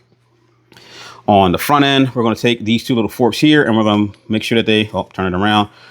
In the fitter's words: assembly and starting forward and then pulling back until it locks in place like that.